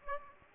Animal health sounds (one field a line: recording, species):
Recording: mosquito wingbeat signal from an infrared sensor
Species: Aedes aegypti